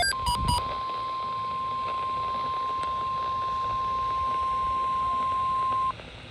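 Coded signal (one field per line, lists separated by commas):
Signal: Emergency Alert System (SAME) tones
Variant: 1050 Hz attention tone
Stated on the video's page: Alert tones for Hurricane Ian warnings, including hurricane watches and warnings, flood warnings, a tornado watch and a flash flood emergency.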